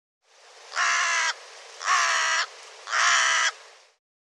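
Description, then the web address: Bird giving three harsh, caw-like calls, each about half a second long, spaced roughly a second apart over steady background hiss. "cianscape birddata Deverinetal 2025"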